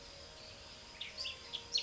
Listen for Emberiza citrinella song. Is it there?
no